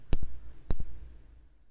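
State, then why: Seated. The strap end of a San Martin SN0007G X1 watch is pushed into the clasp's micro-adjust ratchet to make the strap smaller, with no button needed. It ratchets in with two sharp clicks at 0.1 s and 0.7 s, each followed by a softer echo. The strap seats with a nice clicky action.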